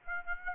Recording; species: mosquito wingbeat signal from an infrared sensor; Aedes aegypti